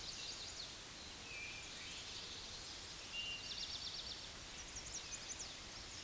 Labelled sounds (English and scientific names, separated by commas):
Eastern Towhee (Pipilo erythrophthalmus) song